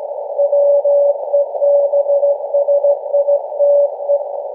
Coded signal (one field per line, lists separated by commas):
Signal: Morse code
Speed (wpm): 16 wpm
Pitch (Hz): 570 Hz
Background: none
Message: WEBSITE